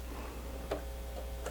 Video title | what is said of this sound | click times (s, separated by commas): HOW TO THREAD A SEWING MACHINE - easy sewing series for beginners - learn to sew | Once it's in place, you should hear it click. | 0.7 s, 1.5 s